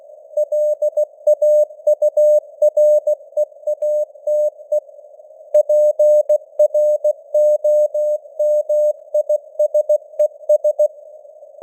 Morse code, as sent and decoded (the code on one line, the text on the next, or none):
.-.. .- ..- .-. . .- - . / .--. .-. --- -- .. ... . ...
LAUREATE PROMISES